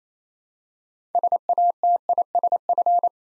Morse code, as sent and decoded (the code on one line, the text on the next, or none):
... .- - .. ... ..-.
SATISF